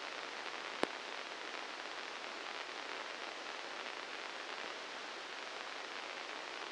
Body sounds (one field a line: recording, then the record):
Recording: brain microelectrode recording played as sound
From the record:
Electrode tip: inside the subthalamic nucleus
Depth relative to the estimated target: -2 mm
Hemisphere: left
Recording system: NeuroSet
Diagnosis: Parkinson's disease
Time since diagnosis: 19 years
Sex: female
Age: 69 years